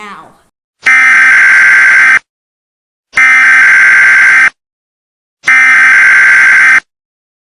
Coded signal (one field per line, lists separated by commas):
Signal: Emergency Alert System (SAME) tones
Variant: header bursts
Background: speech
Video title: eas alarm ep 1